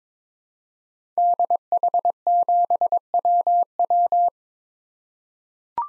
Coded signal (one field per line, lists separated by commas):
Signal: Morse code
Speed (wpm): 21 wpm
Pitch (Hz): 700 Hz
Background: none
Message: DH7WW